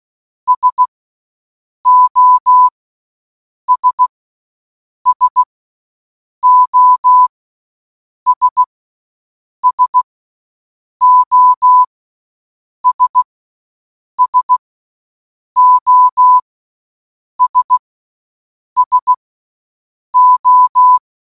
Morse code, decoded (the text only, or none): SOS SOS SOS SOS SO